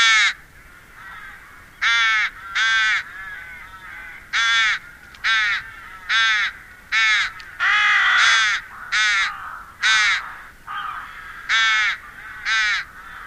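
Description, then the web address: Rook uttering a long run of harsh, grating caws, about a dozen loud calls in quick, irregular succession with quieter croaks mixed in. "agykontroll Madardalok Cd 2. Vetési varjú"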